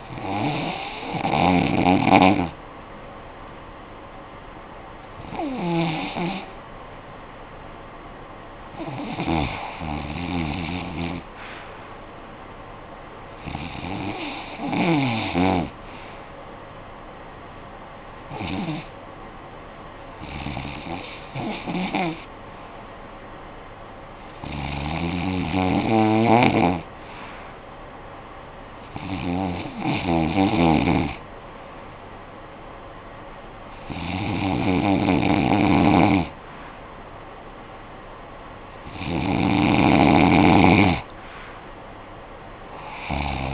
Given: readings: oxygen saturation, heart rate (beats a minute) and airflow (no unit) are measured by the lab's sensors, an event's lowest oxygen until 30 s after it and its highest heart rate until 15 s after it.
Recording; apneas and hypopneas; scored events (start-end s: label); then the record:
breathing in sleep by a voice recorder at the bedside; none
none scored
From the record:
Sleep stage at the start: REM sleep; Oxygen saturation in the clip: 90 to 95%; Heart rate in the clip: 58 to 76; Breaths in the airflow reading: 10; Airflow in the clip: -12.3 to 9.5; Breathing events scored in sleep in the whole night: 445 in 7.6 hours asleep